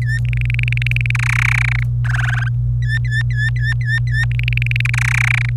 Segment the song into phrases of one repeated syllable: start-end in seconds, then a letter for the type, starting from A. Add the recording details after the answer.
0.02-0.18 A, 0.25-1.11 B, 1.15-1.83 C, 2.04-2.48 D, 2.82-4.25 A, 4.32-4.81 B, 4.85-4.87 C, 4.89-4.90 B, 4.93-5.46 C, 5.49-5.49 B. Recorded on 25 April 2018 at 14:02. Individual llb3